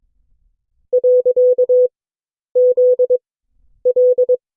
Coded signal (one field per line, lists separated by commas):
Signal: Morse code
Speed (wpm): 22 wpm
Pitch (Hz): 500 Hz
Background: none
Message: .ZL